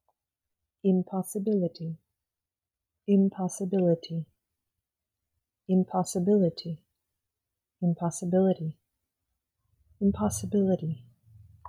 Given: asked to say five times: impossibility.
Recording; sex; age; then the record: repeated word; female; 30 to 39 years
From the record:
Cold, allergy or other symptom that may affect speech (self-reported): no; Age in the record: 35 years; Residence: United States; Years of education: 18